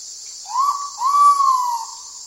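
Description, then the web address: Ivory-breasted pitta call: one short rising whistle then a longer, arched, slowly falling whistle, over a steady high-pitched insect hum. "ULM-DS-Lab indonesian-bird-sounds. Pitta maxima"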